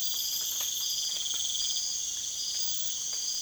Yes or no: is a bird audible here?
no